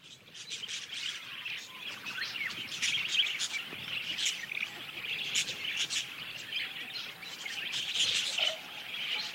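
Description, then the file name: Busy parakeet flock, dense continuous chattering and shrill twitters overlapping throughout with no real pauses. "suara kawanan burung parkit"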